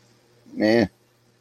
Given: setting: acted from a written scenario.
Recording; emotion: vocal sound without words; neutral